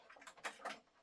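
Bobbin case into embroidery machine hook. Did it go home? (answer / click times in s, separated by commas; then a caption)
yes / 0.5 s. A metal bobbin case, with its thread pulled 4 to 6 inches longer so it will catch, is pushed back into the hook area of a Brother 10-needle embroidery machine. A few light ticks lead up to a sharp click at 0.5 s as the case seats in place. A second, softer burst of rattling follows around 0.7 s.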